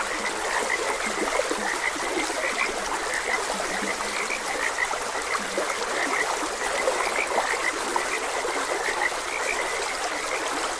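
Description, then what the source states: Frogs keep up an overlapping croaking chorus with occasional lower croaks, while a stream flows steadily underneath. Frogs croaking beside a gentle stream.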